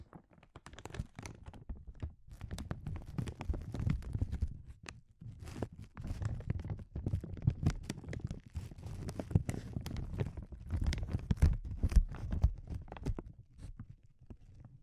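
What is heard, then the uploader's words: Sensitive crinkles fill the clip, a dense, irregular stream of sharp crackles and rustles with no real pauses. The bursts are uneven, with a soft low rumble underneath and quick snaps reaching up high, and the intensity swells and eases every few seconds. ASMR Sensitive Crinkles (No Talking).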